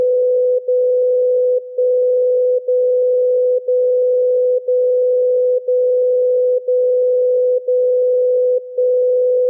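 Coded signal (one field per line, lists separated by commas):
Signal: radio time signal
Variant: DCF77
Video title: DCF 77 Time signal Mainflingen Germany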